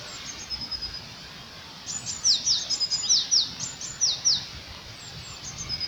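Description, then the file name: Eurasian blue tit calls: a burst of thin, high, quickly descending notes in a tight series around the middle, with fainter high notes before and after. "Cyanistes caeruleus"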